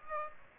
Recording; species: mosquito wingbeat signal from an infrared sensor; Aedes aegypti